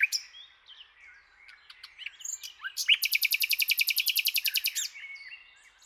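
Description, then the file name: Common nightingale song: scattered soft notes, then a long very fast trill of many identical notes. "Luscinia megarhynchos"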